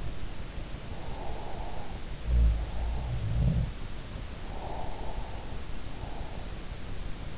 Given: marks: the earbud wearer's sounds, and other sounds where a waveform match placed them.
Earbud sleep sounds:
sounds in sleep by an in-ear microphone; breath
1.01-1.96 s: breath
2.19-3.86 s: sound from someone else or the room
4.61-6.27 s: breath

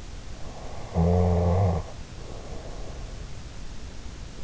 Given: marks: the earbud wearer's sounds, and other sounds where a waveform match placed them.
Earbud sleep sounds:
sounds in sleep by an in-ear microphone; snoring breath
0.57-3.26 s: snoring breath

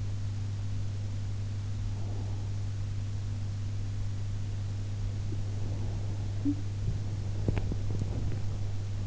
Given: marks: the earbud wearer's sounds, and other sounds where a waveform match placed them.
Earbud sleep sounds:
sounds in sleep by an in-ear microphone; body movement, talking in sleep, teeth grinding
5.37-9.06 s: body movement
6.36-6.60 s: talking in sleep
7.42-8.54 s: teeth grinding

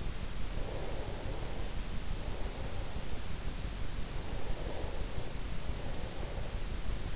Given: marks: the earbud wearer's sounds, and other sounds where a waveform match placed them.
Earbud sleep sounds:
sounds in sleep by an in-ear microphone; breath
0.54-3.45 s: breath
3.74-7.11 s: breath

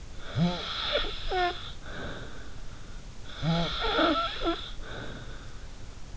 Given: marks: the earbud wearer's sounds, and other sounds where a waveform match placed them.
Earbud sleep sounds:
sounds in sleep by an in-ear microphone; snoring breath
0.19-2.55 s: snoring breath
3.18-5.62 s: snoring breath

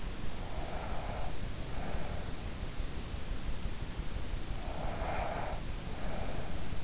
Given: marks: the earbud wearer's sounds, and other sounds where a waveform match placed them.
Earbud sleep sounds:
sounds in sleep by an in-ear microphone; breath
0.39-2.54 s: breath
4.64-6.84 s: breath

